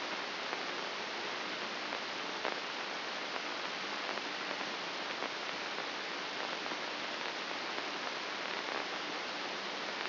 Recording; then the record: brain microelectrode recording played as sound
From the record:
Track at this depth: inside the subthalamic nucleus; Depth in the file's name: 4.63 mm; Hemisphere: left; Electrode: 2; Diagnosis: Parkinson's disease